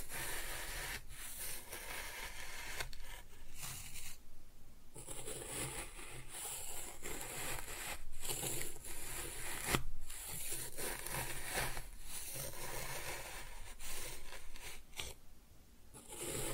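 Kinetic sand is cut and scooped in a run of soft, grainy scraping and rubbing strokes, each a dense hiss lasting a second or two. Brief pauses break the strokes at irregular moments, around 1, 4–5, 8, 10 and 15 seconds.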